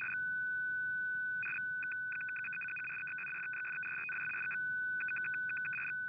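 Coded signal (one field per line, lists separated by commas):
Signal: numbers station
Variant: F06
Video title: F06 14356kHz 15:40UTC - Digital Number Station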